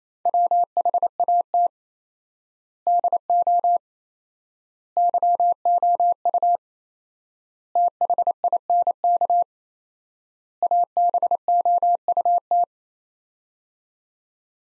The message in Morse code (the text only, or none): WHAT DO YOU THINK ABOUT